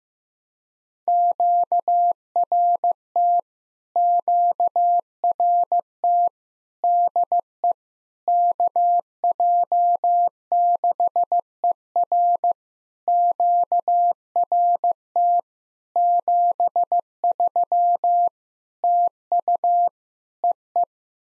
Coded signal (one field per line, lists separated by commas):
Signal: Morse code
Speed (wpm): 15 wpm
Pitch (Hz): 700 Hz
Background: none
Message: QRT QRT DE KJ6ER QRT 73 TU EE